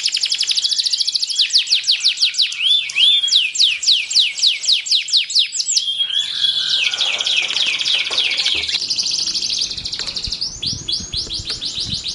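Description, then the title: Canary song, quick downward-sweeping notes repeated in a rolling series, shifting into a buzzy trill and then brighter rapid phrases. Belgian canary; warm-up song used to stimulate a canary to sing. "Canto Para Esquentar Canário Belga. SUARA BURUNG : Kenari"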